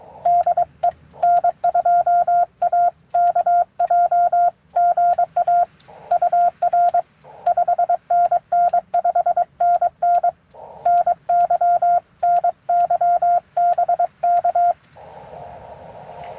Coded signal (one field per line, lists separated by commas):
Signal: Morse code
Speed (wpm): 22 wpm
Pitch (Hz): 700 Hz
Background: none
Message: DE N2AKJ GA UR 5NN 5NN NY NY BK